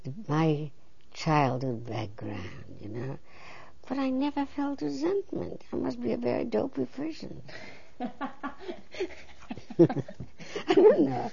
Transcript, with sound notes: my childhood background, you know. But I never felt resentment. I must be a very dopey person. (laughs) I wouldn't...